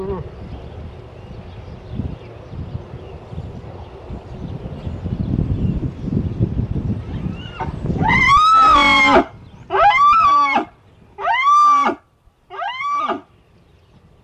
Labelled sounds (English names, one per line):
Moose call